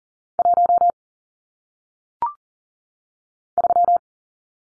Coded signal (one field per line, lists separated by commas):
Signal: Morse code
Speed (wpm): 40 wpm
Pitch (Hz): 700 Hz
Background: none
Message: 1 3